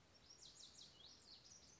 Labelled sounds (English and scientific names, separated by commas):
Lazuli Bunting (Passerina amoena)